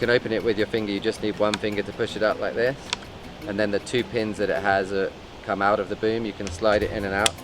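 Someone talks throughout while handling the twin-pin lever trim lock on a NeilPryde XF Forged Aluminium windsurf boom: the lever is pushed up with one finger so its two pins come out of the aluminium boom tube, freeing the tail section to slide in and out. Nothing has seated or clicked yet; the two pins have not snapped back into place.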